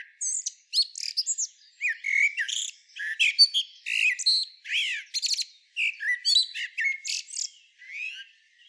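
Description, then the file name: Common blackbird twittering almost without pause, a fast jumble of squeaky, sliding and chattering high notes. "Turdus merula"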